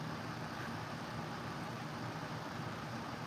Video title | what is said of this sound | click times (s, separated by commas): I got some things recently 👀 | It just doesn't want to click in place. | none